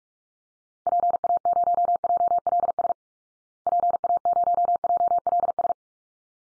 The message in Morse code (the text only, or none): PA0JLS PA0JLS